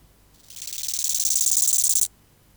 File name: Chorthippus biguttulus